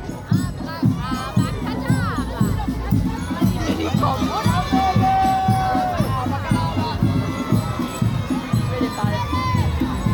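A children's carnival parade: a dense crowd of voices, with kids shouting and calling over one another. A steady, fast thumping beat runs underneath the whole time, and around the middle one voice holds a long high call.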